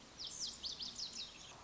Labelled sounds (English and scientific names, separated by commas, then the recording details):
Lazuli Bunting (Passerina amoena)
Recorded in Sonoma County, California